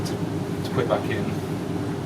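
Someone talks over a steady low hum while handling the disengage handle on the trimming unit of an ME 35 edge bander, about to push it back in so the spring fingers drop into position. Nothing has seated or clicked yet in this clip.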